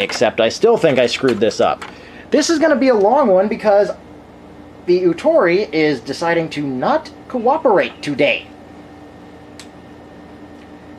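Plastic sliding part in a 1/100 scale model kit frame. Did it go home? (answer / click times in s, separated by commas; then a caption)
yes / 9.6 s. Someone talks over a low steady hum, then after a pause a plastic sliding part in a 1/100 scale model kit frame is slid forward and gives a short, sharp pop at 9.6 s. The part had not been snapped all the way forward, and now it is fully seated in position.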